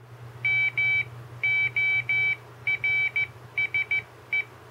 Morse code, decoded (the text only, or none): MORSE